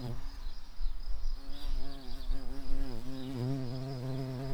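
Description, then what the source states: Garden bumblebee buzzing with a steady, low, droning hum rich in overtones, its pitch wavering slightly. Queen.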